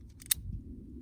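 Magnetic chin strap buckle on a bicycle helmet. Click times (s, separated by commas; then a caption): 0.3 s. The two halves of the magnetic plastic chin-strap buckle on an IXS Trigger AM MIPS bicycle helmet are brought together; faint ticks at 0.2 and 0.3 s lead into one sharp, bright snap at 0.3 s as the magnet pulls the buckle home. The buckle seats and snaps shut, with a low rumble underneath throughout.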